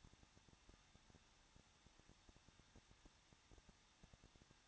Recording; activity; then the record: daily activity, microphone in the room; no activity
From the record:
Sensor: 3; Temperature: 21.2 degrees Celsius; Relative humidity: 36.3%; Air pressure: 1006.3 hPa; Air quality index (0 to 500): 221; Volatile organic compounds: 40 ppm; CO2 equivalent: 3150 ppm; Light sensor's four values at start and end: 2/3/2/2 and 2/3/2/2